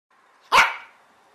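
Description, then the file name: Dog giving a single sharp, loud bark that decays quickly, with faint hum before and after. "cachorro"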